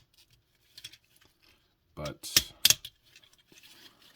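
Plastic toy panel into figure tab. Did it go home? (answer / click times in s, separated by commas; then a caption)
yes / 2.7 s. A plastic part of a Transformers Legacy United Deluxe Class G2 Universe Breakdown figure, a tricky step in its transformation, is forced into its tab while someone talks briefly. Light plastic handling and scraping build up before a sharp snap at 2.7 s, when the part seats in place, followed by soft handling noises.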